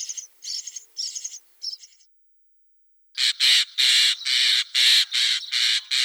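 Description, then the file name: Common starling with soft chattering notes at first, then after a pause a loud, rapid series of harsh, rasping bursts. "Sturnus vulgaris"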